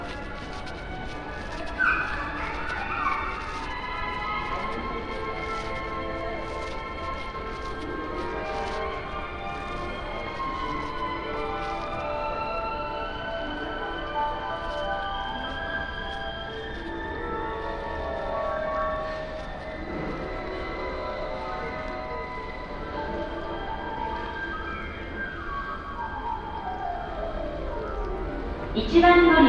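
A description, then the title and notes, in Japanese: A train journey: a steady low rumble runs under layered whining motor tones that slowly glide up and down in pitch for the whole half minute. Occasional clicks and clatters appear, and a sudden louder burst closes the final second. 鉄道旅 佐賀→博多→中洲川端→呉服町。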